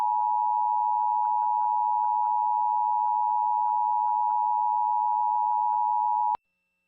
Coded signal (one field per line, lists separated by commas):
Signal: Emergency Alert System (SAME) tones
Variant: 853 and 960 Hz attention tone